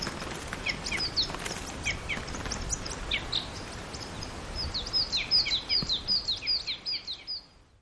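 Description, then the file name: Red crossbill chips, sparse at first, then a dense rapid run of sharp high notes near the end before fading out. "isuka"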